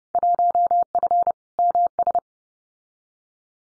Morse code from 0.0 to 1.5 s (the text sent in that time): 1F